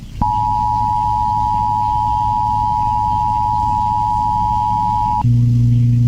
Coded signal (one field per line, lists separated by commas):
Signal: Emergency Alert System (SAME) tones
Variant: 853 and 960 Hz attention tone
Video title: {EXTREMELY RARE} EAS TSUNAMI WARNING FOR ALASKA 10-19-2020